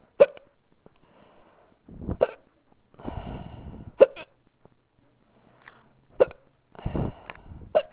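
Repeated sharp hiccups in an adult, about every two seconds, with audible breaths between some of them. The hiccups started on their own, with nothing bringing them on.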